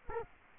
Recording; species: mosquito wingbeat signal from an infrared sensor; Culex quinquefasciatus